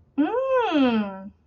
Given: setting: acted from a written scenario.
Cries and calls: vocal sound without words; negative surprise

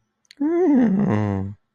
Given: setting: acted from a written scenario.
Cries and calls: vocal sound without words; pride

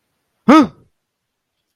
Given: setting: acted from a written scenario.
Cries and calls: vocal sound without words; negative surprise

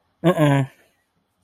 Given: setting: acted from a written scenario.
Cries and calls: vocal sound without words; neutral

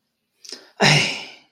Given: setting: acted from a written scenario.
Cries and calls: vocal sound without words; disappointment

